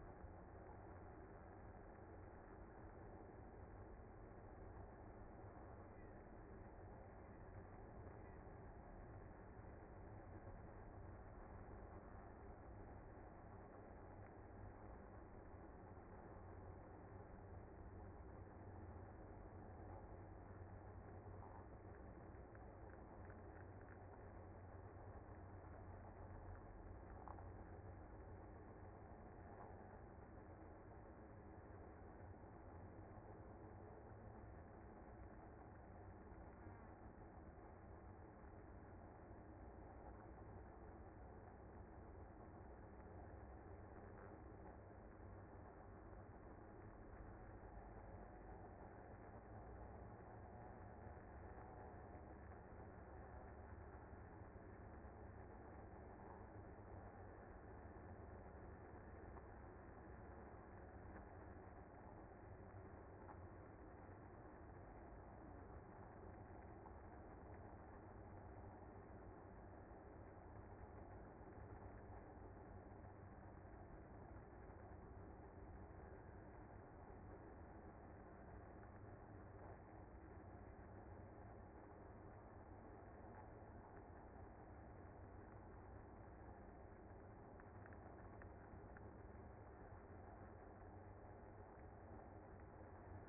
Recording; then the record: honeybee colony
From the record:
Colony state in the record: active